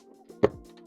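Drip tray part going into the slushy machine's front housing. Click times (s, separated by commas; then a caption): 0.4 s. A drip tray part of a Tecspace SC-2 slushy machine is lined up with two notches and pushed into the machine's front housing. One sharp, loud click is heard at 0.4 seconds, and the part seats in place.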